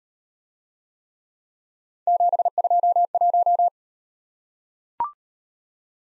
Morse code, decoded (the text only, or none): 721